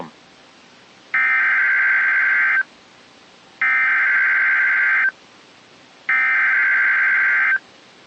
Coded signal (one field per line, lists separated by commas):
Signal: Emergency Alert System (SAME) tones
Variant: header bursts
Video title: A REAL PAIN OF EVENTS... (1) || EAS Alerts from 07-28-26 (EAS #262-288)